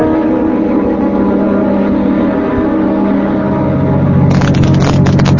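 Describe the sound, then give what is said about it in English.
A car engine drones steadily as the vehicle drives along the route to the plant, a loud, continuous low hum that turns rougher and grittier in the last second. “Well, my deputy and I'll drive out over the route between here and the plant and have a look for him.”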